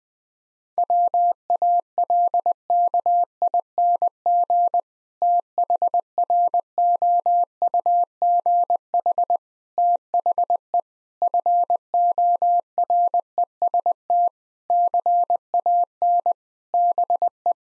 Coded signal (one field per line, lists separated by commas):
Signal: Morse code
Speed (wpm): 21 wpm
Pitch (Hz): 700 Hz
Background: none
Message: WALKING THROUGH THE FOREST CAN BE